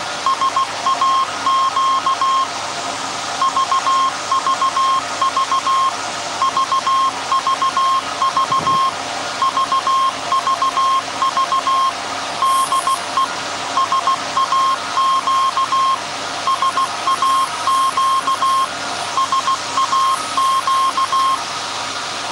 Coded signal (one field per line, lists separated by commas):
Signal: Morse code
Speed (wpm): 16 wpm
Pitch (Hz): 1070 Hz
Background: none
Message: SAQ VVV VVV VVV DE SAQ SAQ SAQ